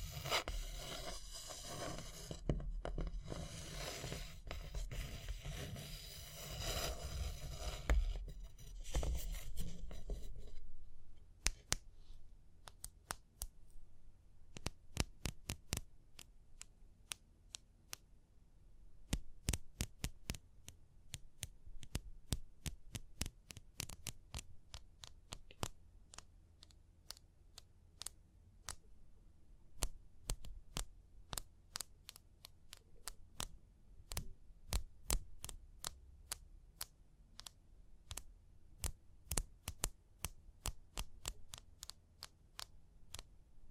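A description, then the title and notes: Tapping and scratching, opening with about ten seconds of dense, rough scraping over a low hum. After that it thins into sparse, sharp taps and clicks at irregular intervals, some in quick clusters, with a faint low hum underneath throughout. Tapping and Scratching (No Talking).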